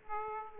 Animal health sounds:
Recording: mosquito wingbeat signal from an infrared sensor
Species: Aedes aegypti

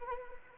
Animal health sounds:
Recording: mosquito wingbeat signal from an infrared sensor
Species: Anopheles arabiensis

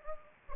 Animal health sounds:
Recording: mosquito wingbeat signal from an infrared sensor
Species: Anopheles gambiae

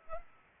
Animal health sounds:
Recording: mosquito wingbeat signal from an infrared sensor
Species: Culex pipiens

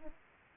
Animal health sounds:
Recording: mosquito wingbeat signal from an infrared sensor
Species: Aedes aegypti

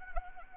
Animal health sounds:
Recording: mosquito wingbeat signal from an infrared sensor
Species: Anopheles arabiensis

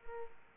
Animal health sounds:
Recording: mosquito wingbeat signal from an infrared sensor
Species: Culex pipiens

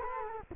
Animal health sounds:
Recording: mosquito wingbeat signal from an infrared sensor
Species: Culex quinquefasciatus

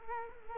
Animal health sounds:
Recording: mosquito wingbeat signal from an infrared sensor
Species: Culex quinquefasciatus

